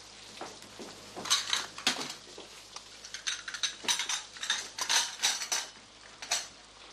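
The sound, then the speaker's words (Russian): Dishes, cutlery and a samovar clink and clatter in a hurried, irregular series of bright knocks and scrapes, as they are cleared from a table in a dining room. No voices, just the busy rattle of tableware. “Услышав игру на гитаре, она замирает, улыбается и начинает торопливо убирать со стола самовар и посуду.”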